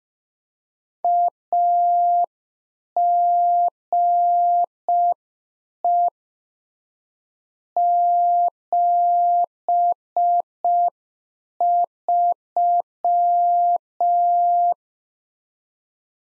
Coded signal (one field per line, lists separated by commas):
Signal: Morse code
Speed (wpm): 5 wpm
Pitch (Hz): 700 Hz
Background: none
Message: AGE 73